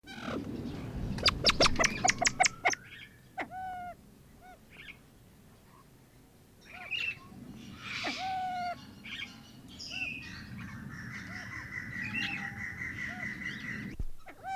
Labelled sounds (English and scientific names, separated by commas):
Siamese Fireback (Lophura diardi) call